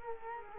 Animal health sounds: mosquito wingbeat signal from an infrared sensor; Culex quinquefasciatus

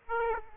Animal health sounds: mosquito wingbeat signal from an infrared sensor; Aedes aegypti

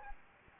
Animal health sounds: mosquito wingbeat signal from an infrared sensor; Anopheles gambiae

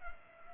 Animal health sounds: mosquito wingbeat signal from an infrared sensor; Culex pipiens

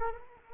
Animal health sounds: mosquito wingbeat signal from an infrared sensor; Culex quinquefasciatus

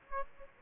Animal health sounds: mosquito wingbeat signal from an infrared sensor; Aedes aegypti

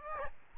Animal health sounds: mosquito wingbeat signal from an infrared sensor; Aedes albopictus

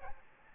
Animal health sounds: mosquito wingbeat signal from an infrared sensor; Aedes albopictus

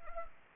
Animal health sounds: mosquito wingbeat signal from an infrared sensor; Anopheles arabiensis

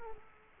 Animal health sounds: mosquito wingbeat signal from an infrared sensor; Culex quinquefasciatus

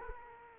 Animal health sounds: mosquito wingbeat signal from an infrared sensor; Aedes aegypti

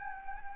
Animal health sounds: mosquito wingbeat signal from an infrared sensor; Anopheles gambiae

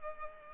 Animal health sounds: mosquito wingbeat signal from an infrared sensor; Culex pipiens

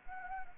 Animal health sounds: mosquito wingbeat signal from an infrared sensor; Anopheles arabiensis

